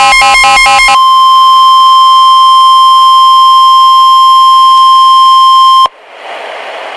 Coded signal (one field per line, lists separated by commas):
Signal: Emergency Alert System (SAME) tones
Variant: 1050 Hz attention tone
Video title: (DOUBLE HEADER) 8/15/2015: River Flood Warnings (EAS #17-18)